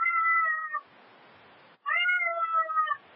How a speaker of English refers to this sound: Meow, meow, meow. Meow, meow, meow.